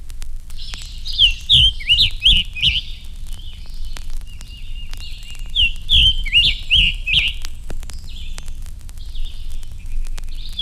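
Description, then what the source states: Scarlet Tanager song: short, lively burred phrases of slurred, husky notes in quick bursts, pausing between phrases, over low background rumble. Song described as husky in quality, rather short and lively.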